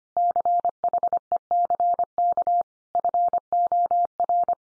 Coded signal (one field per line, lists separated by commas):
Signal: Morse code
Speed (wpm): 25 wpm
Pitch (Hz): 700 Hz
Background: none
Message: CHECK FOR